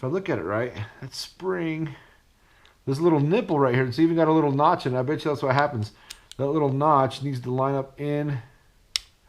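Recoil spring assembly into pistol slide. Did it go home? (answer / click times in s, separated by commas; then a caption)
yes / 9.0 s. A recoil spring assembly is pushed home into the slide of a Daniel Defense H9 9mm pistol during reassembly, after a small notched nub on the spring part is lined up. Someone talks throughout, then a sharp click at 9.0 s marks the spring part seating in place.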